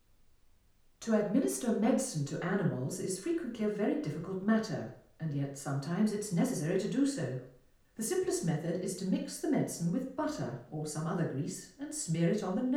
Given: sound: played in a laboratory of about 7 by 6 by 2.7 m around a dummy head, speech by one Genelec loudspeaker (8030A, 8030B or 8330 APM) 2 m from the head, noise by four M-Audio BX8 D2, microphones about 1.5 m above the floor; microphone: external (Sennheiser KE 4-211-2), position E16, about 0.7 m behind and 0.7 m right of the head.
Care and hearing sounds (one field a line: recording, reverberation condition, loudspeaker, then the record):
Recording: female speech in English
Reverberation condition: medium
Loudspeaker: in front (0 degrees)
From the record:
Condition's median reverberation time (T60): about 510 ms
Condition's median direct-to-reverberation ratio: about -0.5 dB